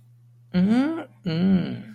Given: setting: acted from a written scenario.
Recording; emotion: vocal sound without words; desire